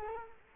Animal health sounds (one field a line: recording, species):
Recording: mosquito wingbeat signal from an infrared sensor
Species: Culex quinquefasciatus